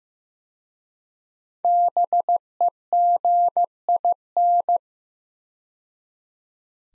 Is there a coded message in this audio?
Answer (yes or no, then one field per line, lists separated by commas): yes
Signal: Morse code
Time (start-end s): 1.6-4.8 s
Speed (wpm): 15 wpm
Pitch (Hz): 700 Hz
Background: none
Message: BEGIN